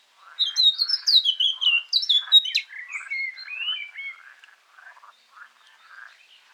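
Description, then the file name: Eurasian blackcap sings a loud, varied series of clear fluting whistles over a low scratchy undertone. It tails off into soft, sporadic chatter. "Sylvia atricapilla"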